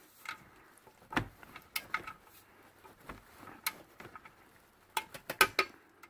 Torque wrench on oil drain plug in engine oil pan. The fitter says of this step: don't want over tighten it and I have it set for thirty three so I heard the first click